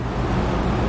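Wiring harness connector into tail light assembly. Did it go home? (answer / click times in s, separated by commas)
no / none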